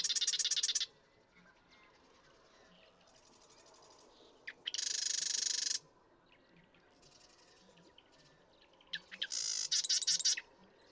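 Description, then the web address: Marsh Wren song: three loud, rapid, rattling buzzy trills, each about a second long, with fainter chattering songs and soft low notes between them. "birdsongforthecurious Marsh Wren"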